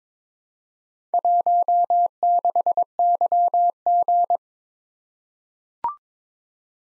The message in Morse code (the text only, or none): 16YG